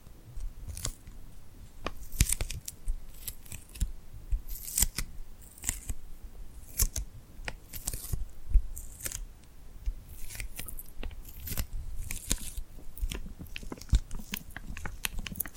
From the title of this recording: Tingly Glued Hand Sounds